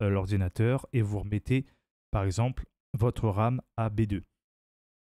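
A RAM module is being put back into motherboard DIMM slot B2, but nothing has seated or clicked yet. Someone talks throughout in short bursts, with brief pauses around 1.8 s and 2.7 s and silence after about 4.3 s.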